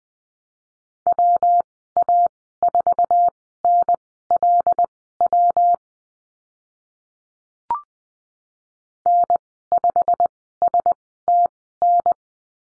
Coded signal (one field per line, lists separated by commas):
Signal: Morse code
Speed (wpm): 20 wpm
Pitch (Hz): 700 Hz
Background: none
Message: WA4NLW N5STN